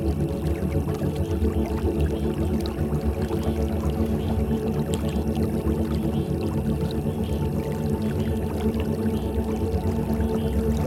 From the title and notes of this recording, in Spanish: El Mar. Escuchen este paisaje sonoro realizado con sonidos acuáticos.